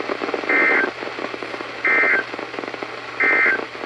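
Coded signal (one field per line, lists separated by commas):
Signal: Emergency Alert System (SAME) tones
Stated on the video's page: Flood and winter storm warnings from the Sterling, Virginia office, heard on NOAA Weather Radio stations KHB36, WXM42 and KEC83.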